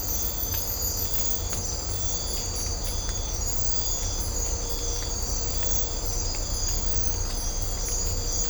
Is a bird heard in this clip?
no